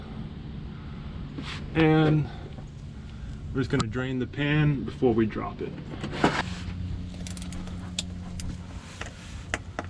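Someone talks while working a hex bit on the rounded-out drain bolt of a Sprinter 3500's transmission oil pan, trying to loosen it so the pan can drain before it is dropped. The bit slips in the bolt head with sharp metallic ticks at 8.0 s and 9.5 s. The bolt is stripped, completely rounded out by a previous owner or mechanic, and will not come out.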